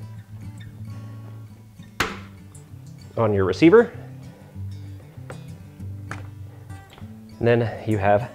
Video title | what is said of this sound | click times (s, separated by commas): How To Install Trailer Wiring On A Jeep Wrangler, Project Dirty Willy Ep.28 | to come over here and if your plug is set up like this it will snap into place on your receiver | 2.0 s